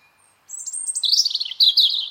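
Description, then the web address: Bird song: after a brief pause, a fast tumbling stream of high twitters and whistled notes. "Bird Only"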